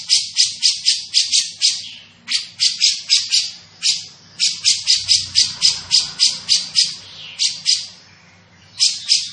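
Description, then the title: Grey-cheeked bulbul delivering bursts of rasping, buzzy notes about four per second, broken into runs by short silences. Bird singing persistently (gacor); voice described as dense and clear. "Cucak Jenggot Gacor, Suara Rapat Dan Jernih"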